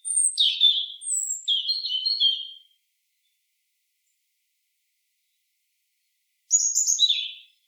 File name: Erithacus rubecula